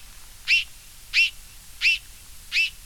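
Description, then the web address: Sharp-tailed tyrant calling: four short, high, sharp notes, evenly spaced about two-thirds of a second apart, over a quiet background. "Culicivora caudacuta - Tachurí coludo"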